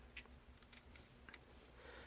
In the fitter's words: last but not least you're just going to push up on the legs and they'll just snap into place like that